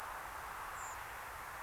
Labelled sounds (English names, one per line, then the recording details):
Redwing
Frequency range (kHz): Redwing 6.2-8.3 kHz
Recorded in France